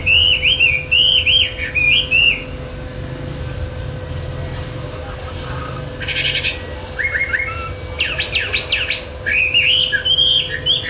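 Chinese hwamei singing looping whistled phrases, pausing, then returning with short clipped notes and more wavering whistles; steady background hum.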